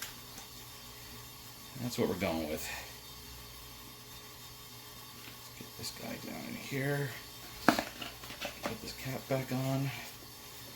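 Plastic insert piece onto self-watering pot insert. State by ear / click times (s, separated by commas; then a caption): not seated / none. Someone talks while pushing a plastic piece back onto a self-watering pot insert, with soft handling noises and one brief sharp knock at about 7.7 s. The piece does not pop into place, and nothing has seated or clicked yet.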